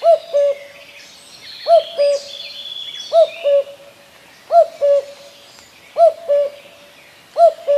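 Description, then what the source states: Common cuckoo song: clear two-note cu-coo, the second note lower, repeated steadily, with other birds calling in the background. Spring birdsong.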